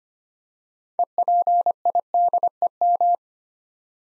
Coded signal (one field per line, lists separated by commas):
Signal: Morse code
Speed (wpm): 25 wpm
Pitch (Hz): 700 Hz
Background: none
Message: EPIDEM